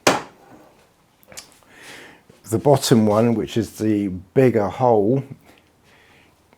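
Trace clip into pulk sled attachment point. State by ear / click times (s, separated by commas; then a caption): seated / 0.1 s. A pulk sled's trace clip, with the rope/trace attachment fitted through a hole on the sled, is pushed home and snaps into place with a sharp, loud snap at 0.1 s. Faint small knocks and someone talking follow.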